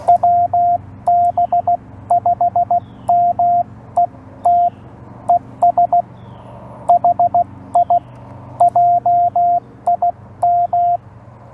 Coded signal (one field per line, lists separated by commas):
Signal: Morse code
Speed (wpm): 17 wpm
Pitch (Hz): 690 Hz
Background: radio noise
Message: WB5MET ES HI JIM